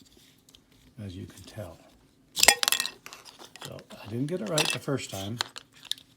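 Someone talks while refitting the plastic cover onto a Bernina sewing machine walking foot on a second try, after the first attempt didn't go right on the tight fit. A burst of sharp plastic clicks and clatter comes around 2.4 to 2.8 s, with softer handling taps near the start and end. The clip ends before the cover goes home, so nothing has seated yet.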